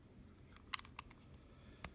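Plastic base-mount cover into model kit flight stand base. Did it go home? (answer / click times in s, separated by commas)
yes / 0.7 s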